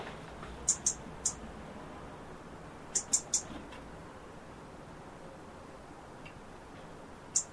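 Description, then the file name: European robin calling with sharp, very high ticks, some in quick clusters of two or three, over a steady background hiss. "Erithacus rubecula"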